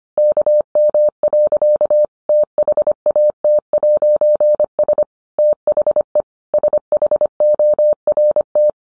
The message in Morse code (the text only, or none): KM. THAT'S THE SHORT